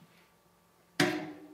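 A mountain bike cassette is turned on an XD freehub body until its splines engage and it drops into place, seating correctly on the splines. After a quiet stretch of faint background noise, a sharp, bright click sounds at 1.0 s, leaving a short ringing decay. No one talks during the clip.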